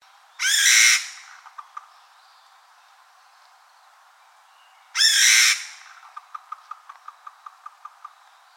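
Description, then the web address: Chinese bamboo partridge calling: two loud harsh bursts, the first followed by a few short clicking notes, the second by a rapid run of many clicking notes. Recorded 29 June 2015. "birdenaga kojukei 150629"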